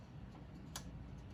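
An oiled piston valve is inserted and turned in a trumpet valve casing until its guide clicks into place. A single short, sharp click sounds at 0.8 s over a low, steady background. The valve is seated.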